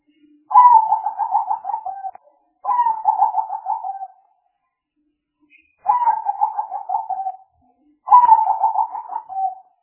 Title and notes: Pikat Burung Tekukur Paling Ampuh. Kumpulan suara burung tekukur paling ampuh